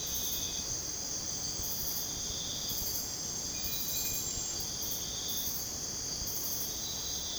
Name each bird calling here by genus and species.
none